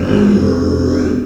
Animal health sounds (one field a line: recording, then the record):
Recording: squeal of a Yucatan mini pig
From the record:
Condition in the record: after surgery on the right vocal fold (resection and tissue-engineered implant)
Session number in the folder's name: 9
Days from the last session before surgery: 65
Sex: female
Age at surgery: 19 weeks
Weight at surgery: 25 kg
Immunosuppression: prednisolone